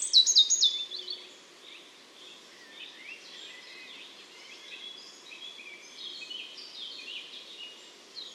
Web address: SETE Erithacus rubecula